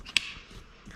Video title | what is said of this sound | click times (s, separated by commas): Joie Mytrax Pro vs Joie Litetrax Pro Pushchair Review | so then just pop on and make a little click so you know that it's secure | 0.2 s